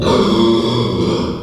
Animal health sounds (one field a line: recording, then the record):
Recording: squeal of a Yucatan mini pig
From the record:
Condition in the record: after surgery on the right vocal fold (resection and tissue-engineered implant)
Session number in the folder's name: 17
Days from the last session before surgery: 195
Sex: female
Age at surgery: 19 weeks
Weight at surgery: 25 kg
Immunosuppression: prednisolone